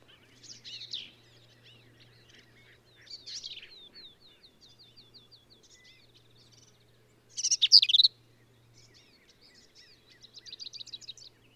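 Black-capped vireo song: several scratchy, jumbled high phrases spaced a few seconds apart, with soft thin whistled notes between them.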